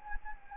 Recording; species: mosquito wingbeat signal from an infrared sensor; Anopheles gambiae